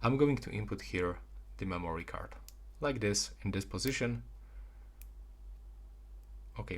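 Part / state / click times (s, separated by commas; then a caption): microSD card into phone SIM tray / seated / 5.0 s. A microSD memory card is pressed into the reverse side of the plastic SIM tray of a Samsung Galaxy M15 5G while someone talks. A single short click sounds at 5.0 s as the card seats in the tray. Someone briefly talks again afterward.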